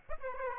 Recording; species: mosquito wingbeat signal from an infrared sensor; Aedes aegypti